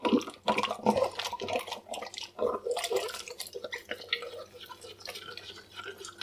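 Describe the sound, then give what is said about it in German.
A drinking glass, just wiped out with a sponge, is rinsed out under water, with steady running water broken by uneven splashes and sloshing bursts. Irregular and moderately loud throughout, with no voices. “Und ausspülen.”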